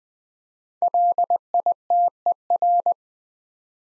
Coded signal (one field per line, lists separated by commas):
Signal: Morse code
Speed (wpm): 20 wpm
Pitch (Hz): 700 Hz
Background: none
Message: LITER